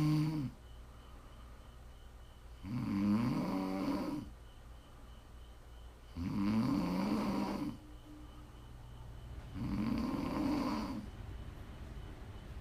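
Rhythmic, rattling snores repeat about every three to four seconds, roughly 18 per minute, from a sleeper.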